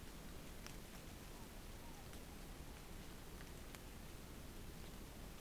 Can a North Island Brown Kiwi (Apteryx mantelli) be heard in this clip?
no